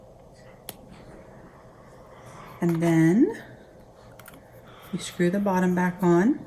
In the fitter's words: until you hear it click.